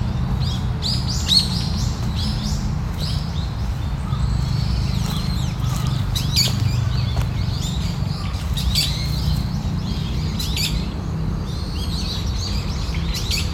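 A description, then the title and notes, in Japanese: Morning park ambience: frequent bright bird chirps and calls scattered throughout over a steady low rumble of background noise. 公園の朝散歩で聴こえてくる自然音。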